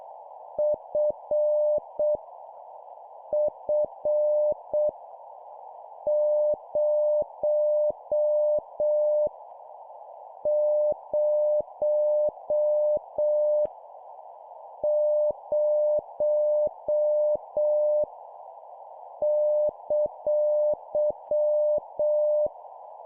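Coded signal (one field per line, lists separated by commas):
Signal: Morse code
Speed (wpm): 7 wpm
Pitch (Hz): 600 Hz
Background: none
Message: F F 0 0 0 !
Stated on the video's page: Morse at 7 wpm: copy-speed drill of random letters, numbers and punctuation, each repeated three times.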